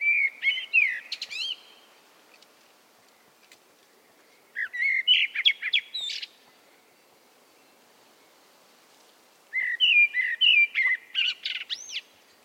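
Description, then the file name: Common blackbird song phrases repeated roughly every five seconds, each mellow whistling passing into a sharp, scratchy high ending. "Turdus merula"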